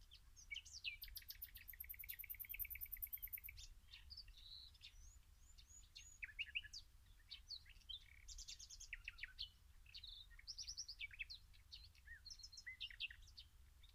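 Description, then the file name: Common nightingale song: rapid repeated note series and buzzy rattles, with a very high thin trill near the start, amid scattered chirps. "Luscinia megarhynchos"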